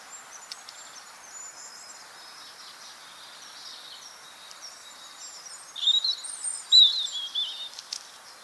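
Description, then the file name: European robin song, faint high twittering at first, then two brief, louder phrases of sharp sliding whistles and trills near the end, with light hiss. "Erithacus rubecula"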